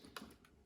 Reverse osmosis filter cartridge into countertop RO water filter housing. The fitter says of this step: put that down in there and then it locks into place